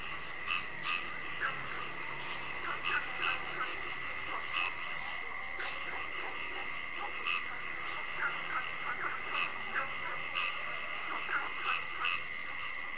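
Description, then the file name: Frogs calling in short repeated bursts, several overlapping, against a steady high insect-like drone throughout. Frogs calling at night. "Tieng ech nhai keu ban dem"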